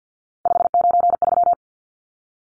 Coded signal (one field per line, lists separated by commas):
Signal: Morse code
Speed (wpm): 50 wpm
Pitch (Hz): 700 Hz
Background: none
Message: 593